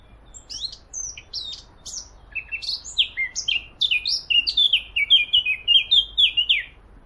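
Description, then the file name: Eurasian blackcap song: scratchy, quick warbling notes building into a loud, clear fluting and whistled flourish lasting several seconds. "Sylvia atricapilla"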